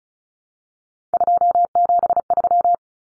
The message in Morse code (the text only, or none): 273